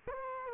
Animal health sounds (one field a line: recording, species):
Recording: mosquito wingbeat signal from an infrared sensor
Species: Culex quinquefasciatus